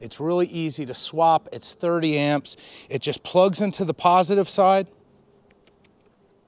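A 30-amp BougeRV inline MC4 fuse is being handled to plug into the plastic MC4 connector on the positive side of a solar cable. Someone talks for about the first 5 seconds, then there is only quiet handling noise with a few faint ticks. Nothing has seated or clicked in yet.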